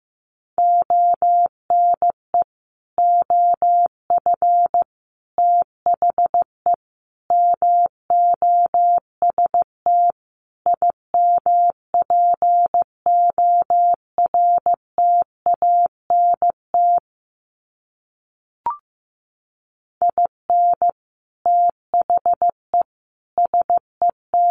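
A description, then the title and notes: Morse code beeps on a single steady mid-pitched tone, keyed in short dots and longer dashes grouped into clusters with brief gaps. Around eighteen seconds the sending stops for a couple of seconds, broken only by a faint click, then resumes until the end. Sets of 5 Words 15wpm. First, the words are sent in Morse code. Finally, it is sent again in Morse code.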